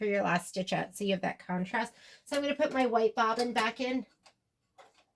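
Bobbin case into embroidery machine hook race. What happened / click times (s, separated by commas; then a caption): Handled, not yet home: bobbin case not yet clicked into place / none. Someone talks while getting ready to put a white bobbin back into the bobbin case of a Brother PR1050/1055/1060 embroidery machine, swapping it in for the last stitch-out so there is contrast. After the talk, a few faint, brief handling sounds follow near the end. The case has not yet been pushed into the hook race, and nothing has seated or clicked yet.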